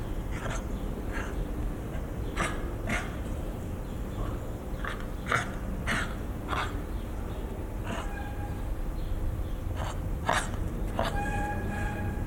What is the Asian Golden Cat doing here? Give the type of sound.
call